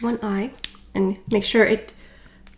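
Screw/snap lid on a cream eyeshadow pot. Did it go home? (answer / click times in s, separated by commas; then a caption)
no / none. Someone talks while handling the screw/snap lid of a waterproof cream eyeshadow pot, which has to click shut or the product dries out. Faint taps come at about 2.5 s near the end, but the lid has not clicked or seated yet.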